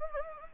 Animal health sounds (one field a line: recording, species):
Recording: mosquito wingbeat signal from an infrared sensor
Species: Anopheles gambiae